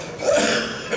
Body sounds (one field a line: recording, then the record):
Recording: coughing mixed with background sound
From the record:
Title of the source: Wet Throat Infection Cough